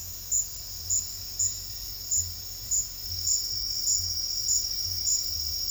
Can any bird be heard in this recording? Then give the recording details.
no. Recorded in secondary vegetation near Puerto Asís, Putumayo, Colombia, on 28 February 2025 at 11:00. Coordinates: 0.484, -76.319. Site G010